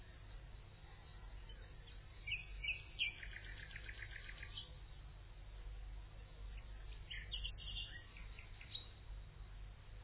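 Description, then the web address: Common nightingale song with a fast run of repeated sharp notes, then a pause and another brisk phrase, set against low rumbling noise. "ton Nachtigall"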